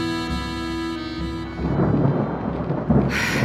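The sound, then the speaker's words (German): A thunderstorm with steady rain, a deep rolling rumble swelling midway and a brighter crack of thunder near the end, all fairly loud with no voices. “Pankratius, Regen und Sturm.”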